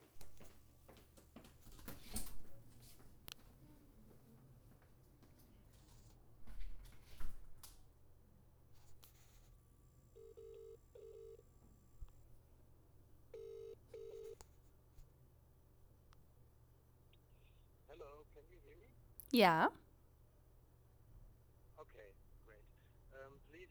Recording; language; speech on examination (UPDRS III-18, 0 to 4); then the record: text read into a phone; English; 0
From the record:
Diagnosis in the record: healthy control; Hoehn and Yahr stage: 0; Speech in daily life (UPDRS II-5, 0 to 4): 0